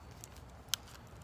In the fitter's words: pops it out.